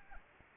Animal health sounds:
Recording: mosquito wingbeat signal from an infrared sensor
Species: Anopheles arabiensis

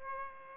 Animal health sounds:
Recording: mosquito wingbeat signal from an infrared sensor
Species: Aedes albopictus

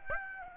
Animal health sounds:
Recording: mosquito wingbeat signal from an infrared sensor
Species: Aedes aegypti

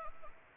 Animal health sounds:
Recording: mosquito wingbeat signal from an infrared sensor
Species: Anopheles gambiae

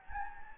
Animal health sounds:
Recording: mosquito wingbeat signal from an infrared sensor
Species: Anopheles gambiae

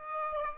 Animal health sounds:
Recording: mosquito wingbeat signal from an infrared sensor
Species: Aedes aegypti

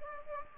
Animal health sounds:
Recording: mosquito wingbeat signal from an infrared sensor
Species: Aedes aegypti

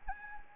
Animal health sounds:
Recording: mosquito wingbeat signal from an infrared sensor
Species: Anopheles arabiensis

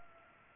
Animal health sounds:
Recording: mosquito wingbeat signal from an infrared sensor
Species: Culex pipiens

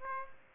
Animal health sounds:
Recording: mosquito wingbeat signal from an infrared sensor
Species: Aedes aegypti

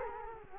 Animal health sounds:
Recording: mosquito wingbeat signal from an infrared sensor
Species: Culex quinquefasciatus

